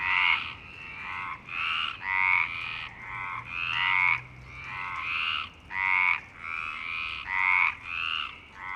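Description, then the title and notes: Frogs in chorus: many harsh, pulsed croaks in repeated bursts, several callers overlapping. Frogs at Parc Longchamp, Marseille, Provence-Alpes-Côte d'Azur, France; 26 March 2011 at 19:35; recorded with a MixPre-6 and Basic UCHO. "Marseille, Provence-Alpes-Côte d'Azur, France - 26_03_11_19_35 Longchamps_004 grenouilles. Grenouilles au parc de Longchamp MIXPRE 6 + BASIC UCHO"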